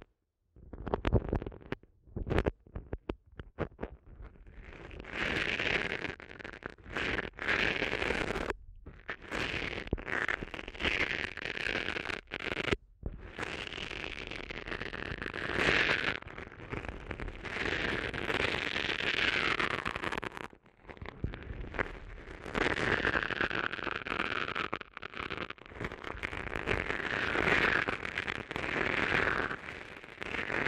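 An ear massage opens with sharp, scattered pops, then becomes dense rubbing and crackling scrapes with swooshing sweeps, pausing briefly a few times.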